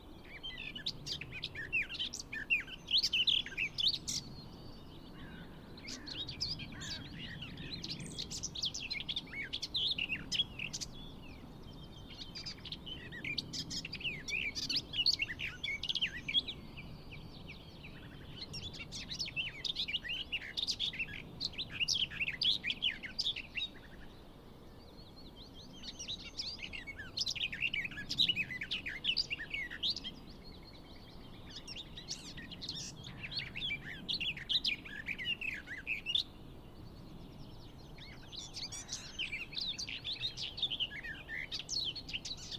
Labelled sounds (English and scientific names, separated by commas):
Garden Warbler (Sylvia borin) song